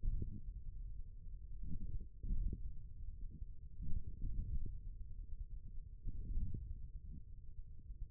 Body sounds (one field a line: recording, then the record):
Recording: forearm muscle sounds (acoustic myography)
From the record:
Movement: wrist extension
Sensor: system 1, eight BSWA MPA416 microphones around the upper forearm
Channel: 4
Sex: male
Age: 41 years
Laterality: right